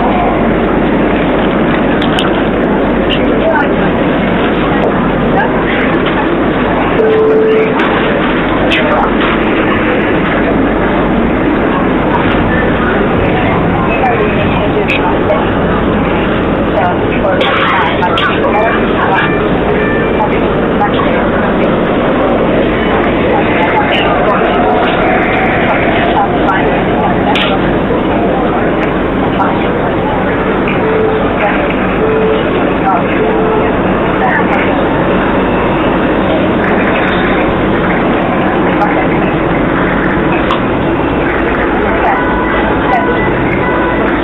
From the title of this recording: Helsinki Metro